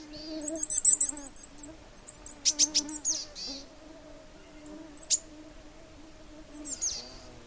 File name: Boreal Chickadee